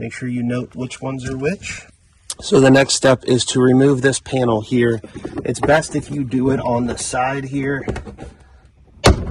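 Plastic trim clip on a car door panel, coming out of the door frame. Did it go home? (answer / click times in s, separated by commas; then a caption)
released / 9.1 s. Someone talks while pulling the plastic inner door panel from the side on a 3rd-gen (2005-2010) Honda Odyssey, during a door checker stop replacement. A sharp pop at 9.1 s is the plastic trim retaining clip releasing from the metal door frame, and the panel clip comes free.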